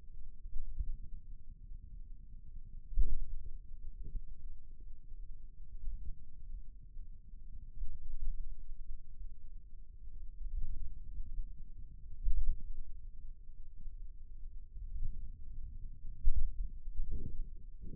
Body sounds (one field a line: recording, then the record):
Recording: forearm muscle sounds (acoustic myography)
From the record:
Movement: finger pinch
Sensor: system 2, bracelet of six BSWA MPA416 microphones around the upper forearm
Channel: 4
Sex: male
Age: 22 years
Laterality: right